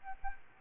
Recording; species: mosquito wingbeat signal from an infrared sensor; Aedes albopictus